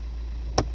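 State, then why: Seated. Someone presses the other side of a plastic cabin filter cover into its housing, and its second catch snaps in with one sharp click at 0.6 s over a steady low hum. The cover is now seated.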